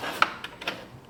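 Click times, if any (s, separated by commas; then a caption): none. A stand bracket is handled against the mounting hinge on the back of a budget 165Hz PC gaming monitor, ready to be hooked into the hinge slot and pressed down to lock. Rubbing and scraping are heard, with a sharp tap at 0.2 s and softer knocks around 0.4 s and 0.7 s. Nothing has seated or locked yet.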